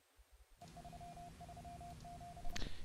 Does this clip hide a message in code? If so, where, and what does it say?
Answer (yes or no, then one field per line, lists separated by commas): no